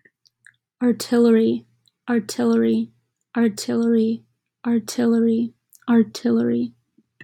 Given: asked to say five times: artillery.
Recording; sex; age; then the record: repeated word; female; 20 to 29 years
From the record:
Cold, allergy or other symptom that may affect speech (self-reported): no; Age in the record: 21 years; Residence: Wisconsin, United States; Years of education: 15